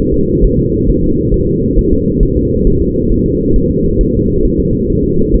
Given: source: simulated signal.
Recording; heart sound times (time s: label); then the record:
fetal heart sounds
0.14 s: S2
0.45 s: S1
0.59 s: S2
0.89 s: S1
1.04 s: S2
1.34 s: S1
1.48 s: S2
1.79 s: S1
1.93 s: S2
2.23 s: S1
2.37 s: S2
2.67 s: S1
2.82 s: S2
3.12 s: S1
3.26 s: S2
3.56 s: S1
3.71 s: S2
4.01 s: S1
4.15 s: S2
4.45 s: S1
4.60 s: S2
4.90 s: S1
5.04 s: S2
5.34 s: S1
From the record:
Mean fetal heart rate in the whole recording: 135 bpm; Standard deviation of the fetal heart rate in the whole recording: 3 bpm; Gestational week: 36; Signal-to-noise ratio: -15.3 dB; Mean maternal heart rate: 72 bpm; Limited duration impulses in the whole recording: present